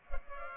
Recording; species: mosquito wingbeat signal from an infrared sensor; Culex pipiens